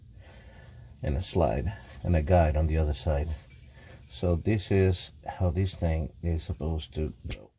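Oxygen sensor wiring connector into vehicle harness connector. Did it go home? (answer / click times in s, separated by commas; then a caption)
no / none. Someone talks while lining up the plastic electrical connector of a replacement bank 2, sensor 2 oxygen sensor for a 2003–2009 Toyota 4Runner (P0430) with its detent and guide on the vehicle harness connector, with faint handling rubs under the speech. Nothing has seated or clicked yet.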